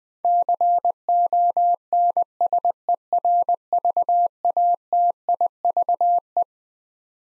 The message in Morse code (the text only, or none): CONSERVATIVE